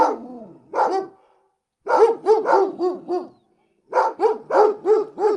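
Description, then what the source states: Dogs barking in bursts: a couple of barks, a pause, a quick run of several barks, another pause, and another quick run. Big dogs barking close.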